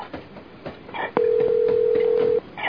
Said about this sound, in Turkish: Hadi Leona. Hadi yavrum, aç şu telefonu. Aç da sesini duyayım. Ölmediğini anlayayım. Aç şu telefonu.